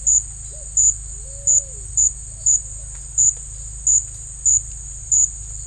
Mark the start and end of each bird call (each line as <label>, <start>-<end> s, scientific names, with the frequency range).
Patagioenas cayennensis (0.4-1.1 kHz), 0.48-0.70 s
Patagioenas cayennensis (0.2-1.3 kHz), 1.24-1.85 s